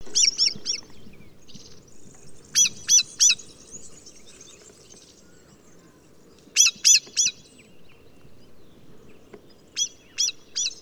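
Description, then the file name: Common blackbird calls, sharp high chinking notes given in quick groups of three, with pauses of several seconds between groups. "Turdus merula"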